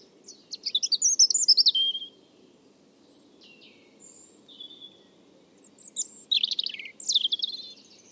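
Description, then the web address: European robin song in two bursts: a fast cascade of high, crisp notes, a quiet pause with faint notes, then another bright trilled phrase. "Deverinetal 2025 File origin Bird Only Er Ru"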